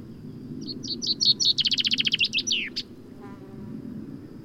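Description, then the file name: Common chaffinch song: several opening chips, a dense rapid trill, then a sharp falling end-flourish, followed by a brief faint sound amid a low rumble. "Fringilla coelebs"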